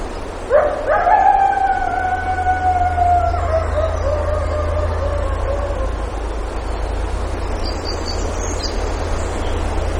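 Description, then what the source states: Coyote giving a long howl that swoops up, holds steady, then slowly sags and fades over about five seconds; faint high chirps appear afterward over a low steady hum. Recorded at Lake Clark, Alaska, on 3 July 2018 at about 06:06.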